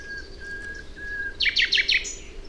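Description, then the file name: Common nightingale song: faint steady whistled tones, then a quick loud volley of about four harsh chirping notes before a final high note. "Luscinia megarhynchos"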